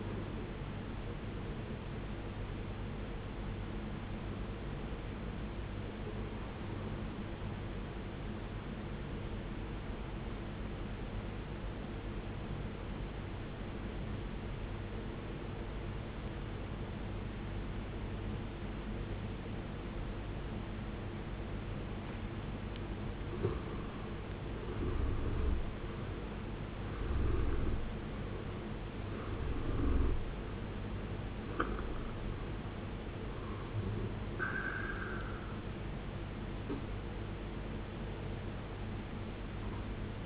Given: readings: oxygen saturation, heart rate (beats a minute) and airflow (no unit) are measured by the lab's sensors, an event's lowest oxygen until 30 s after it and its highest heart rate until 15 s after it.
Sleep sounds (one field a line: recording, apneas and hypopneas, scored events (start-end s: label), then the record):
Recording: breathing in sleep by a voice recorder at the bedside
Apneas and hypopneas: 1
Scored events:
4.00-24.70 s: obstructive apnea (N2, oxygen 95% highest, then 77% lowest, heart rate 66 at the start, 75 highest)
21.00-40.26 s: new sleep stage, N1 (lightest sleep)
From the record:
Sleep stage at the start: N2 (light sleep)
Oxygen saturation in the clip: 79 to 95%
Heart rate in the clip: 52 to 75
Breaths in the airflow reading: 4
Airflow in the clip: -14.5 to 15.6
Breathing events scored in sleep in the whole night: 389 in 6.3 hours asleep